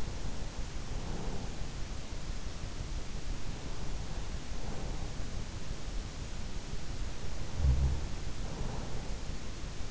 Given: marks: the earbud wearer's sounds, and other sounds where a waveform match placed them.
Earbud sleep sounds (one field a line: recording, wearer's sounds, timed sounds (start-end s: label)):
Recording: sounds in sleep by an in-ear microphone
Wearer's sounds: breath, snoring breath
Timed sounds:
0.00-1.89 s: breath
7.37-9.66 s: snoring breath